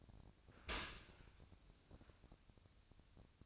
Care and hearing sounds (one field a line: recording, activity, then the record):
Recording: daily activity, microphone in the room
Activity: open dishwasher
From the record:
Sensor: 2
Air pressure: 1003.0 hPa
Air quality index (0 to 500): 197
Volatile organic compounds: 6 ppm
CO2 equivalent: 1871 ppm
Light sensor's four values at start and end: 17/40/17/19 and 17/41/17/19